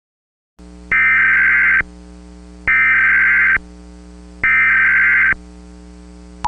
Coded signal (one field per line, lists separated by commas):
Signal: Emergency Alert System (SAME) tones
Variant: header bursts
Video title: Volcanic Winter (An EAS Scenario)